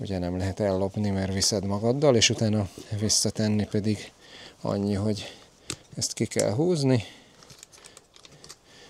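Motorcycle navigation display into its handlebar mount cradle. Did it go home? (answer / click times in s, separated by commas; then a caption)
yes / 7.6 s. Someone talks while a removable Carpuride W702RS Pro blind-spot radar motorcycle navigation display (Android Auto, Apple CarPlay) is pushed back onto its handlebar console mount cradle. A sharp click at 7.6 s, followed by a few small ticks, is the display snapping into the mount. The display is confirmed seated.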